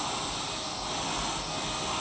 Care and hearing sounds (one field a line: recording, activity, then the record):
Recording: daily activity, microphone in the room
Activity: vacuum cleaning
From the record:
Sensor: 1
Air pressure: 999.3 hPa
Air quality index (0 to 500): 206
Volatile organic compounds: 48 ppm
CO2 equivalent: 3262 ppm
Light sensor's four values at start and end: 8/21/8/9 and 9/21/8/9